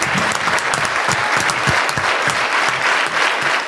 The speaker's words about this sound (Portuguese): Palmas para o velho jamais decepciona.